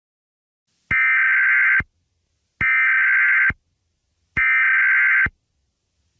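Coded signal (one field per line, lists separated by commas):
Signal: Emergency Alert System (SAME) tones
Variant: header bursts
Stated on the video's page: Fictional EAS scenario depicting a total blackout.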